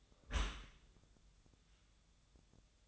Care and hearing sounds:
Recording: daily activity, microphone in the room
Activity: close dishwasher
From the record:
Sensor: 3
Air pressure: 1004.8 hPa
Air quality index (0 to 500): 97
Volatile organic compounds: 3 ppm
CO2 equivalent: 1510 ppm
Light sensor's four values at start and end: 7/18/7/7 and 7/18/7/7

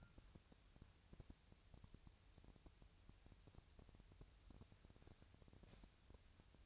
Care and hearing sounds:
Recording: daily activity, microphone in the room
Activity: wipe stove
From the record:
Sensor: 2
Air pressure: 1001.5 hPa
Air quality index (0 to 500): 226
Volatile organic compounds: 25 ppm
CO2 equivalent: 2832 ppm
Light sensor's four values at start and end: 7/26/10/9 and 7/26/10/9

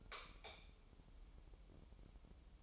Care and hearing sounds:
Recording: daily activity, microphone in the room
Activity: light off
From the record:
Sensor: 1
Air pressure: 988.4 hPa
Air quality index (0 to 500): 198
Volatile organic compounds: 1000 ppm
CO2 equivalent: 5279 ppm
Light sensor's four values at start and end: 8/21/8/10 and 8/21/8/10

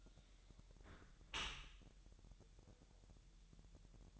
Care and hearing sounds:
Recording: daily activity, microphone in the room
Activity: close dishwasher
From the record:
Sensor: 3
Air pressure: 1000.6 hPa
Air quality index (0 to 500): 248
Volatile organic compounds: 172 ppm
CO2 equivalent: 4114 ppm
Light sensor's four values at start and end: 11/26/11/10 and 11/26/11/10

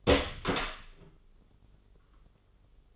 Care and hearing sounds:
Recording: daily activity, microphone in the room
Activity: open door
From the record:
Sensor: 4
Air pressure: 996.9 hPa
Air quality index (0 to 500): 47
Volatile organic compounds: 1 ppm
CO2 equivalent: 755 ppm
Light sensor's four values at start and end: 19/45/18/19 and 19/45/18/19

